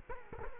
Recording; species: mosquito wingbeat signal from an infrared sensor; Culex quinquefasciatus